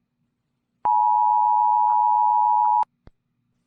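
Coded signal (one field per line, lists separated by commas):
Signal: Emergency Alert System (SAME) tones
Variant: 853 and 960 Hz attention tone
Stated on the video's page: Fictional EAS scenarios.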